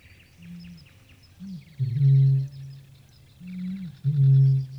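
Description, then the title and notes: Eurasian bittern booms twice, each a short low upswelling note followed by a deep resonant hollow boom, with thin bird twitters continuing in the background. Spring field recording from Päijät-Häme, Finland, released 1983 on cassette. "Ilkka Heiskanen Kevät - Luontoääniä Päijät-Hämeestä. Kaulushaikara"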